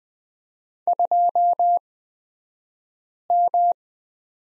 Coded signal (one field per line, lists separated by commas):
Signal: Morse code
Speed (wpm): 20 wpm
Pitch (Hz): 700 Hz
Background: none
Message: 2M